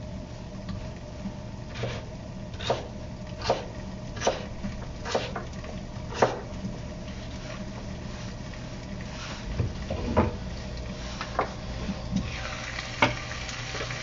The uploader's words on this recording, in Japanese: 野菜を切る。カレーを作っている途中で野菜を切っている音。